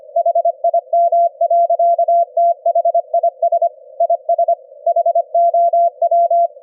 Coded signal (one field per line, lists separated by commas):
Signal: Morse code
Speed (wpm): 25 wpm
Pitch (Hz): 680 Hz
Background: none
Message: HIM. THIS IS HOW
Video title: sending Morse Code on the ELF BAND at 25 hertz at 25 wpm - receive with QUISK SDR